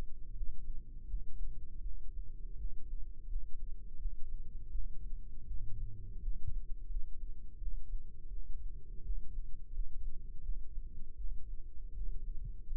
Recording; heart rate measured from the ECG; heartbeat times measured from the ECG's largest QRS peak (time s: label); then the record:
heart sounds by microphone in the right ear; 83 bpm
0.30 s: heartbeat
1.03 s: heartbeat
1.79 s: heartbeat
2.54 s: heartbeat
3.25 s: heartbeat
3.95 s: heartbeat
4.68 s: heartbeat
5.44 s: heartbeat
6.17 s: heartbeat
6.86 s: heartbeat
7.56 s: heartbeat
8.26 s: heartbeat
9.00 s: heartbeat
9.69 s: heartbeat
10.38 s: heartbeat
11.14 s: heartbeat
11.90 s: heartbeat
12.65 s: heartbeat
From the record:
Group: healthy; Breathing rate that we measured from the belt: 19 breaths a minute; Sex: male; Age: 21 years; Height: 180 cm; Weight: 67.5 kg